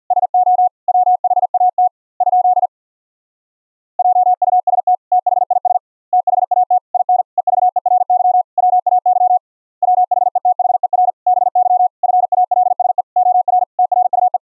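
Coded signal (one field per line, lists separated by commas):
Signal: Morse code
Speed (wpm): 50 wpm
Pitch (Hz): 730 Hz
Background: none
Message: SO WHAT ? JUST THIS THAT IN EVERY WAY WHETHER BY FALSE OR TRUE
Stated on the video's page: Morse copy practice sent from FLdigi and streamed to students over IP through a Windows 10 RTSP server.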